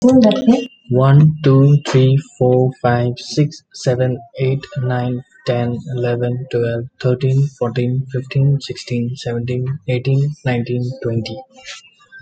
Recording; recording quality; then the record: counting at a normal pace; moderate, slight background noise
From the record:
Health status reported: healthy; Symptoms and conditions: sore throat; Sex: male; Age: 30 years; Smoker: not ticked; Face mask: not worn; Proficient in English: yes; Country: India